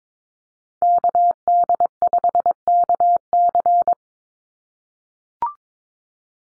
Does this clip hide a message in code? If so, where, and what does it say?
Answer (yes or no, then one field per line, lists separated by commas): yes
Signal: Morse code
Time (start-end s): 0.8-3.9 s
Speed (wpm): 22 wpm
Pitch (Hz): 700 Hz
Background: none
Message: KD5KC